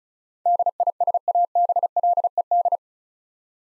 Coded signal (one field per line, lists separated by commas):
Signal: Morse code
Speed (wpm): 34 wpm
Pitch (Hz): 700 Hz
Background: none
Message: DISABLED